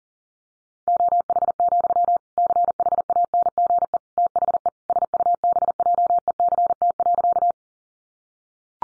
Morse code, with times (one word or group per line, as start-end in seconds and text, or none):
0.9-2.2 OH,
2.4-4.0 CHANGE
4.2-4.7 THE
4.9-7.5 SUBJECT.